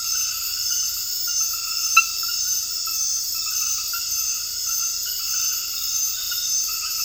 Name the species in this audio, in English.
none